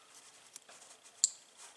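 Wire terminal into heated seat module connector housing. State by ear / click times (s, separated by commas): seated / 1.2 s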